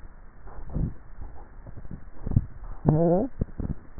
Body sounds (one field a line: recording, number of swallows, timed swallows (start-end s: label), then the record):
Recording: swallowing sounds by neck microphone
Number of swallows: 2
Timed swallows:
0.50-1.50 s: swallow
2.23-2.98 s: swallow
From the record:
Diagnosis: dysphagia